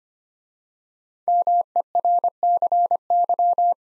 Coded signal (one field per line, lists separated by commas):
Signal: Morse code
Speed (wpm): 25 wpm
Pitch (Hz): 700 Hz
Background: none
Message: MERCY